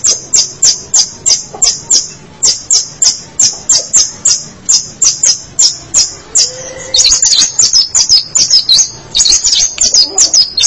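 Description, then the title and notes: Long-tailed shrike song, quick high sharp notes repeated rapidly, breaking into a scratchy, twittering high warble in the second half. March 2017. "Pentet 201703. Suara burung pentet"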